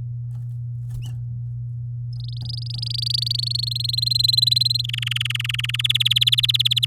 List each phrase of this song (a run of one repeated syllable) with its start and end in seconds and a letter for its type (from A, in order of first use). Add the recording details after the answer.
2.13-3.69 A, 3.71-4.82 B, 4.84-5.82 C, 5.84-6.85 D. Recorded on 8 May 2018 at 12:06. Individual llb16